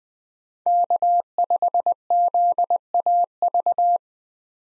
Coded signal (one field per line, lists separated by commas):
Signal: Morse code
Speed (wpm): 20 wpm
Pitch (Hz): 700 Hz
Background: none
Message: K5ZAV